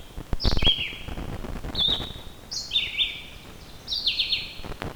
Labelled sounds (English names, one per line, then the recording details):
Red-eyed Vireo song
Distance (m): 10 m
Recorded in boreal forest in Alberta, Canada, on 14 June 2016 at 06:46
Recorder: SongMeter 3, array SBT-3-33
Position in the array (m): 142 m, 181 m